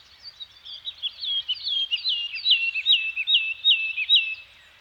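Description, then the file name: Bird song made of high slurred whistles repeated rhythmically, each note dropping in pitch. Scandinavian forest soundscape with several birds singing. "Nature Soundscape - Scandinavian Forest Environment with Birds Singing"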